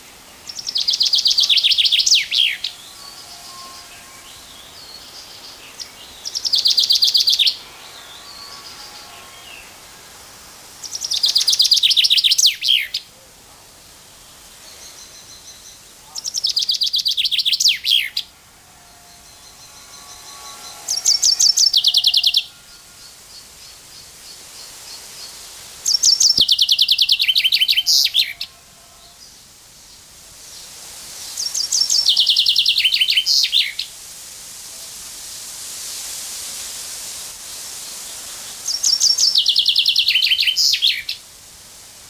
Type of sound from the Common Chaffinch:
song